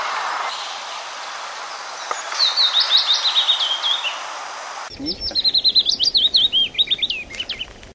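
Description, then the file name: Willow warbler singing two soft, descending whistled phrases, the first about two seconds long and the second nearly three, separated by a brief pause and an abrupt change in background. "penochka vesnichka"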